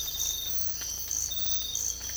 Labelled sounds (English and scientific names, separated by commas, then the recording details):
none
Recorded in dense forest near Puerto Asís, Putumayo, Colombia, on 18 December 2024 at 05:30
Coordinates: 0.484, -76.317
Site G026